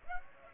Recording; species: mosquito wingbeat signal from an infrared sensor; Aedes aegypti